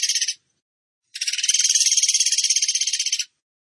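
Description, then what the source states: Bird song: a rapid, buzzy, high-pitched pulsed trill, a brief burst cut off at the start, then a steady trill lasting about two seconds. Training song (masteran) for teaching songbirds, in the tembakan gacor style.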